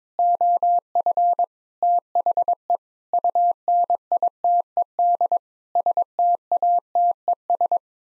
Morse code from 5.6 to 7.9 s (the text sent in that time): STATES